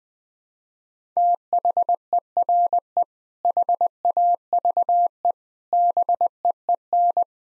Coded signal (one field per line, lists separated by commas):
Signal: Morse code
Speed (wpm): 21 wpm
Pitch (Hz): 700 Hz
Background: none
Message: THERE HAVE BEEN